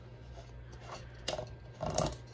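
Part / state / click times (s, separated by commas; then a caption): bean hopper screwed onto coffee grinder base / not seated / none. A plastic bean hopper is being screwed onto the base of a Mr. Coffee Automatic Burr Mill coffee grinder, producing soft rubbing and scraping handling sounds with brief sharp contacts near 1.3 s and 2.0 s. The hopper is still being turned and nothing has clicked into place yet.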